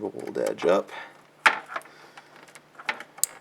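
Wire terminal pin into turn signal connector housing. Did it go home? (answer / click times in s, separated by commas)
yes / 3.2 s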